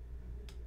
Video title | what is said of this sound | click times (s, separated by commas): Shocker Amp Mechanical Frame Installation - How To | just snaps into place there so pretty straightforward if it accidentally falls off it's not real difficult | 0.5 s